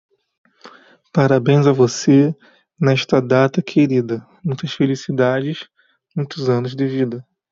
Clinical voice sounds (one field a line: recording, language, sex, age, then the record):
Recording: short text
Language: Brazilian Portuguese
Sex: male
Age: 20 to 29 years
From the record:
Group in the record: control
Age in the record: 26 years